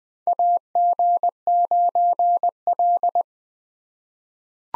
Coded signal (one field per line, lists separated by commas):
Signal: Morse code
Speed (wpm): 20 wpm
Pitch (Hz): 700 Hz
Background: none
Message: AG9L